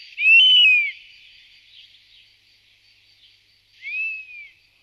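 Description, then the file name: European honey buzzard calling with two clear, drawn-out whistles, each swelling up and sliding down, the second one softer, separated by about three seconds of quiet hiss. "Canto do Tartaranhao apivoro"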